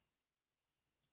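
A plastic wheel is handled and pushed toward the axle of a toy vehicle, with only faint, low-level handling noise. Nothing has seated or clicked yet.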